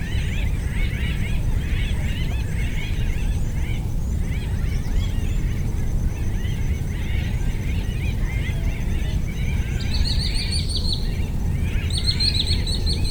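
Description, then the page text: Rufous-bellied thrush calls: a steady series of short arched chirps and twitters over constant low rumbling noise, with thin high whistles near the end. "Bram Piot - Рыжебрюхий дрозд (Turdus rufiventris)"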